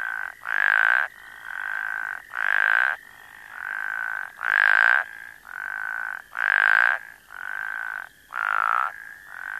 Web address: Frog Calls Spea bombifrons - Plains Spadefoot